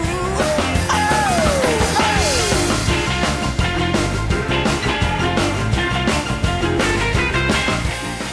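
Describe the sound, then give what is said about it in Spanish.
A singer's high scream swoops downward twice near the start of a loud, driving rock and roll song, with the full band pounding steadily underneath. “Ese grito fue la chispa, fue la gota que colmó el vaso y que hizo estallar ese fenómeno rock and roll.”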